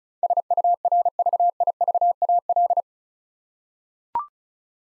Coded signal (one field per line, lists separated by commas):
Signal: Morse code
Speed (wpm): 36 wpm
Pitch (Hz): 700 Hz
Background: none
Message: SURVIVAL